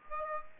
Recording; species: mosquito wingbeat signal from an infrared sensor; Aedes aegypti